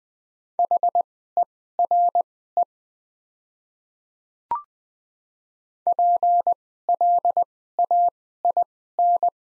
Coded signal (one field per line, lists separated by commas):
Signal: Morse code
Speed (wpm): 20 wpm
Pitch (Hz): 700 Hz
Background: none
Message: HERE PLAIN